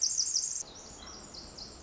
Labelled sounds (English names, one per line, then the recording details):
Pacific Wren
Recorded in Sonoma County, California